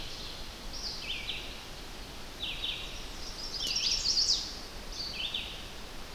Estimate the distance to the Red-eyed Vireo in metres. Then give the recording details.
about 60 m. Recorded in boreal forest in Alberta, Canada, on 10 June 2016 at 06:05. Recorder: SongMeter 3, array SBT-3-39. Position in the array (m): 205 m, 115 m